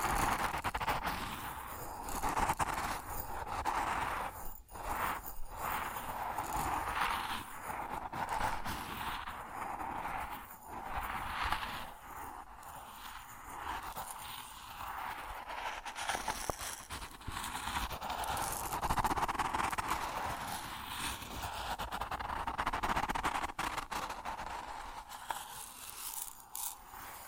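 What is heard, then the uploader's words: Grain sounds form a dense, gritty rush that carries on for the whole stretch, with a steady mid-pitched tone humming underneath. The level wavers slightly, with brief sharp dips near 4–5, 10–11 and 23 seconds, and a rougher, scraping texture throughout. ASMR Grain Sounds (No Talking).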